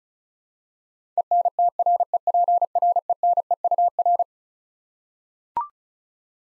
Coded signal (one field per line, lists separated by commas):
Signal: Morse code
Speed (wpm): 36 wpm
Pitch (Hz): 700 Hz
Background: none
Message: ENTREPRENEUR